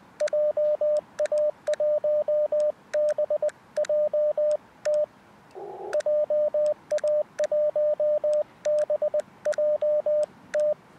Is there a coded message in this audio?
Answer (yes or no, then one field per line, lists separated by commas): yes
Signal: Morse code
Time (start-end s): 0.2-10.7 s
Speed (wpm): 20 wpm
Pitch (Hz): 600 Hz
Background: radio noise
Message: JA1BJT JA1BJT